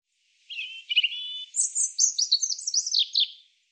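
European robin song: a thin, high warbling phrase of sustained whistles followed by quick descending trills and twitters, clean with no other sounds.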